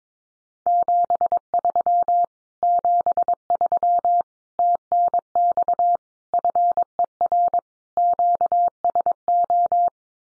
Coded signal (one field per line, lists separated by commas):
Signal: Morse code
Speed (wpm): 22 wpm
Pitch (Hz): 700 Hz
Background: none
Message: 73 73 TNX FER QSO